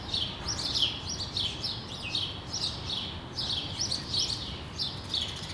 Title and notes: Rue de l'épargne, Bruxelles, Bruxelles-Capitale, Belgique - World Sparrow Day. Sparrows - moineaux